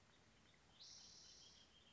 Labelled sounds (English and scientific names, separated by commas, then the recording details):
Spotted Towhee (Pipilo maculatus)
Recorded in Sonoma County, California